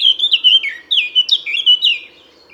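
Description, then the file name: Eurasian blackcap giving loud, fluty whistled phrases, mellow notes sliding up and down in quick succession, with a soft hum in the background. "Sylvia atricapilla"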